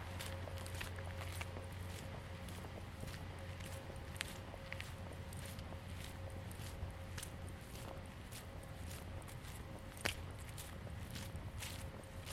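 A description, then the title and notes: A walk in Ravenna Park, Seattle, with steady footsteps crunching at a regular pace throughout. A low continuous hum and a faint steady tone run underneath, like distant traffic, and a sharper snap stands out around ten seconds. I took a walk in Ravenna Park, Seattle.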